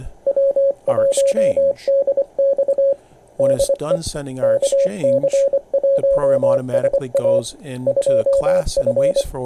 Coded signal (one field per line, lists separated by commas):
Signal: Morse code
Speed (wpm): 24 wpm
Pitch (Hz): 550 Hz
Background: speech, radio noise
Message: W1DX DE KC1SA 2F